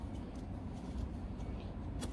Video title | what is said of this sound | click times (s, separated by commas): review and installation of a motorcycle tyre pressure sensor system tpms | nope, it just spins like, what's the point of this if it doesn't lock in? | none